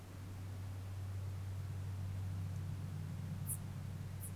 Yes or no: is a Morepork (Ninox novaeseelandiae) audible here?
no